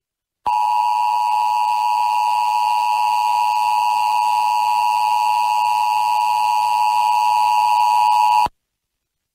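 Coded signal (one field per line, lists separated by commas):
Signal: Emergency Alert System (SAME) tones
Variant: 853 and 960 Hz attention tone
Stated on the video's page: Earthquake and tsunami warning for the Caribe Wave '22 exercise, carried by NOAA Weather Radio/IPAWS with audio from a PBS TV station.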